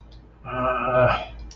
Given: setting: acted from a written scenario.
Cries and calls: vocal sound without words; contempt

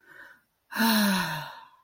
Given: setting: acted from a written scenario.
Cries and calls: vocal sound without words; serenity

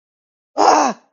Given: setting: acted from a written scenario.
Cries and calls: vocal sound without words; fear

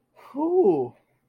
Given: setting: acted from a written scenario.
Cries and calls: vocal sound without words; elation

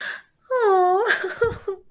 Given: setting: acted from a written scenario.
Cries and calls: vocal sound without words; sadness

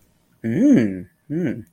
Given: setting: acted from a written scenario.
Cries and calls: vocal sound without words; interest

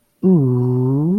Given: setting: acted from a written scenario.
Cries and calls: vocal sound without words; adoration

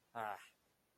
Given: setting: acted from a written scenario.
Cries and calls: vocal sound without words; contempt

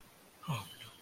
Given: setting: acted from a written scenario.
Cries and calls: vocal sound without words; sympathy

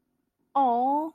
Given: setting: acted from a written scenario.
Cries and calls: vocal sound without words; adoration

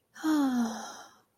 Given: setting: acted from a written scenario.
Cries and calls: vocal sound without words; serenity

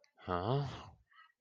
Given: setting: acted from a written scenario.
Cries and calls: vocal sound without words; confusion

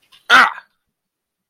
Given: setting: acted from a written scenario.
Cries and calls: vocal sound without words; pain

